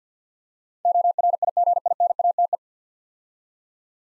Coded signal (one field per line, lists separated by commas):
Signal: Morse code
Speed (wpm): 52 wpm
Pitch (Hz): 700 Hz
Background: none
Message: ORIGINATE